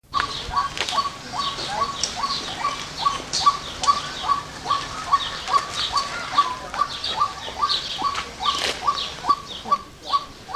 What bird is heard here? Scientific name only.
Amaurornis phoenicurus